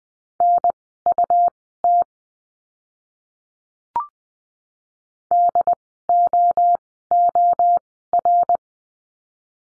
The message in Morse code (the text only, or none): NUT DOOR